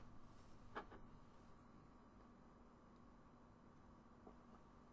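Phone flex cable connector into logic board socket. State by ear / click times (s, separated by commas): seated / 0.8 s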